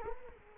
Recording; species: mosquito wingbeat signal from an infrared sensor; Culex quinquefasciatus